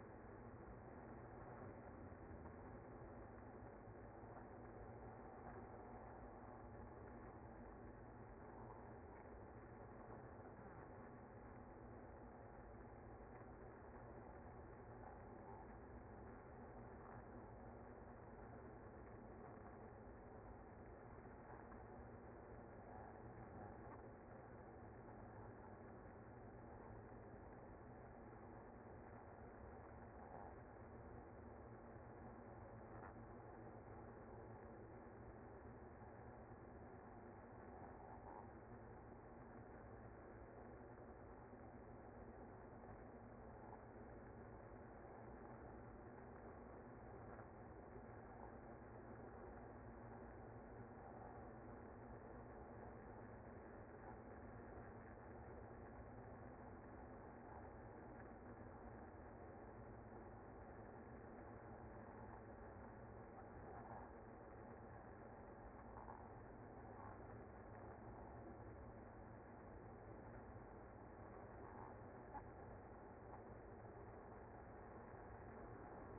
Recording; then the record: honeybee colony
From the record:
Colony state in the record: active